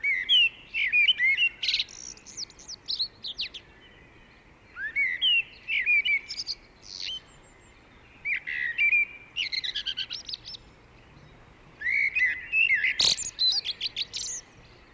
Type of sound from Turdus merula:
song